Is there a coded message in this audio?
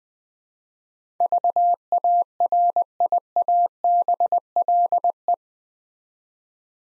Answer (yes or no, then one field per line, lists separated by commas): yes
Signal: Morse code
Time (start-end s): 1.2-5.3 s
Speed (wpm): 20 wpm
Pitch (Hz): 700 Hz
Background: none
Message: VARIABLE